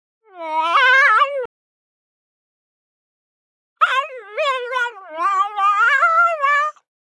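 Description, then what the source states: Pug whimpering: a short rising whine, then after a silence of over two seconds a longer run of quavering, yodel-like whines that bend up and down. Whining, as if talking.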